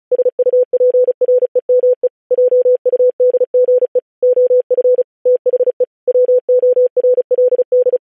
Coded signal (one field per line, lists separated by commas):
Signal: Morse code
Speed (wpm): 36 wpm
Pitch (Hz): 500 Hz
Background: none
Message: SUPREME JUDGE OF THE WORLD